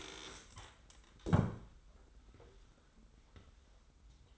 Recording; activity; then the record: daily activity, microphone in the room; stand up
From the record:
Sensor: 3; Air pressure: 990.4 hPa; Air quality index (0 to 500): 170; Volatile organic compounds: 1000 ppm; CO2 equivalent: 5516 ppm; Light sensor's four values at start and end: 45/104/43/41 and 44/105/43/41